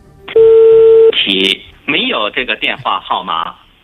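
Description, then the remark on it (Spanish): A steady electronic telephone tone sounds for under a second as a phone number is dialed, then a short buzzy burst, followed by a recorded voice speaking a brief automated message, in Chinese and English, saying the number is not in service. “Bueno, un mensaje que informaba en chino, después en inglés, que ese número, digamos, que no estaba operativo o no estaba en servicio.”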